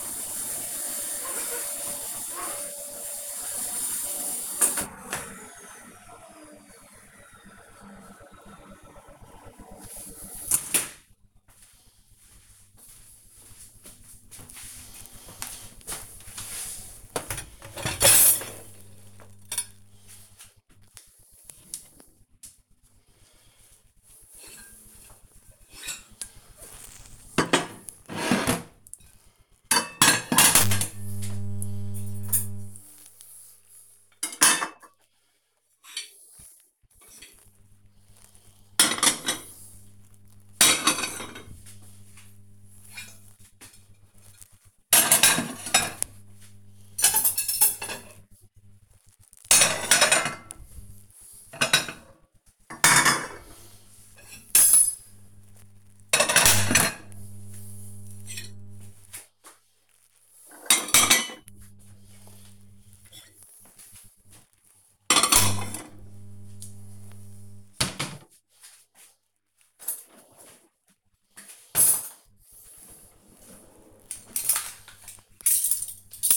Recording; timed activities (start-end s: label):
household activities, microphone on the right wrist
0.00-4.11 s: vacuum cleaning
15.17-76.37 s: cleaning out the dishwasher